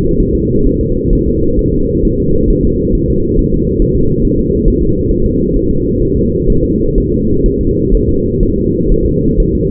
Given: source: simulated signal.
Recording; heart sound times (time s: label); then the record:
fetal heart sounds
0.20 s: S1
0.35 s: S2
0.67 s: S1
0.81 s: S2
1.13 s: S1
1.27 s: S2
1.59 s: S1
1.74 s: S2
2.05 s: S1
2.20 s: S2
2.50 s: S1
2.65 s: S2
2.95 s: S1
3.10 s: S2
3.39 s: S1
3.54 s: S2
3.82 s: S1
3.97 s: S2
4.25 s: S1
4.39 s: S2
4.68 s: S1
4.82 s: S2
5.12 s: S1
5.26 s: S2
5.56 s: S1
5.71 s: S2
6.03 s: S1
6.17 s: S2
6.50 s: S1
6.65 s: S2
6.98 s: S1
7.12 s: S2
7.46 s: S1
7.61 s: S2
7.94 s: S1
8.09 s: S2
8.43 s: S1
8.58 s: S2
8.92 s: S1
9.06 s: S2
9.40 s: S1
9.55 s: S2
From the record:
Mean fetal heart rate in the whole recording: 130 bpm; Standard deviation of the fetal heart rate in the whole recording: 4 bpm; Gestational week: 38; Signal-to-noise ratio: -15.3 dB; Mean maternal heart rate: 72 bpm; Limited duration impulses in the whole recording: present